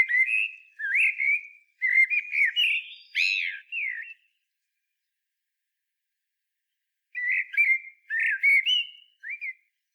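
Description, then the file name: Common blackbird song in two runs of rich whistles and warbles broken by scratchy high notes, with a long pause of about three seconds between. "Turdus merula"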